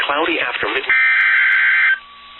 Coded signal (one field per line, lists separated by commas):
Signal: Emergency Alert System (SAME) tones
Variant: header bursts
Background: speech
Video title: STORMS AND TESTS PART 4... EAS Alerts from 5/24/23 - 5/28/23 (EAS #2,316 - 2,345)